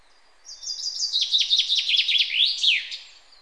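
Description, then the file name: Common chaffinch song against light background noise: an accelerating, tumbling series of high notes ending in a sweeping downward flourish. "Fringilla coelebs"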